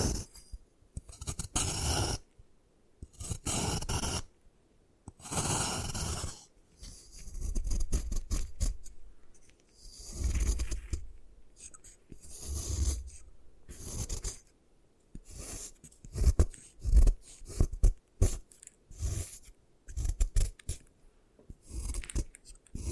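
Gym chalk being crushed and broken up, with bursts of gritty scraping and crunching that start and stop every second or two. The early strokes are longer and heavier; after about fifteen seconds they turn into quicker, sharper crackles and snaps separated by short silences.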